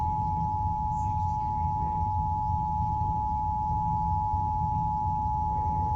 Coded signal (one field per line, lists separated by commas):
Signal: Emergency Alert System (SAME) tones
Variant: 853 and 960 Hz attention tone